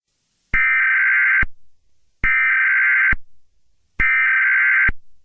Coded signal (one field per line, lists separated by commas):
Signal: Emergency Alert System (SAME) tones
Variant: header bursts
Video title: EAS scenario 7: Doom Rig 2: The Wreckfest